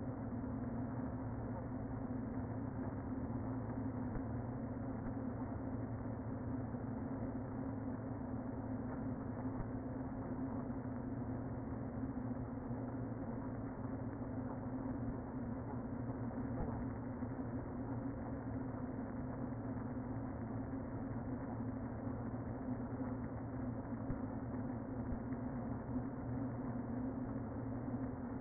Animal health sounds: honeybee colony, microphone inside the hive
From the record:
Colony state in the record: queen present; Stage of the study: before two queens were removed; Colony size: about 60,000 bees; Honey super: yes

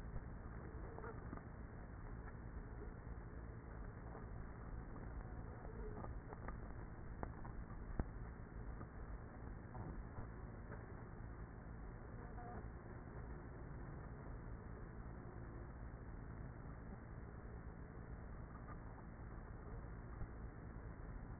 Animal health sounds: honeybee colony, microphone inside the hive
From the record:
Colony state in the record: queenless with a low population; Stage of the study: after two queens were removed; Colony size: about 30,000 bees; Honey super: no

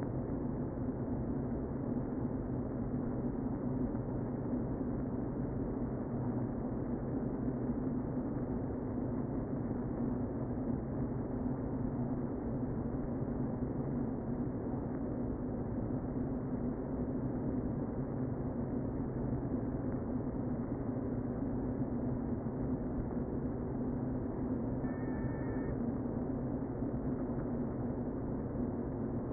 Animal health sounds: honeybee colony, microphone inside the hive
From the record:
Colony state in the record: queen present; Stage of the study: before two queens were removed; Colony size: about 60,000 bees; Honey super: yes

